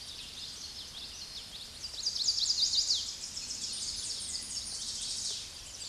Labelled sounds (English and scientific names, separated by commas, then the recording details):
Tennessee Warbler (Leiothlypis peregrina) song
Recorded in a Pennsylvania forest on 16 May 2024 at 08:16
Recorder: AudioMoth, point MSD-2443
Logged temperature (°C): 16.4 °C
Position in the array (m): 186 m, 196 m